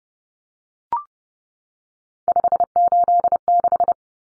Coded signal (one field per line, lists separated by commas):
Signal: Morse code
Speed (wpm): 30 wpm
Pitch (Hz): 700 Hz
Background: none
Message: 586